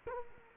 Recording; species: mosquito wingbeat signal from an infrared sensor; Culex quinquefasciatus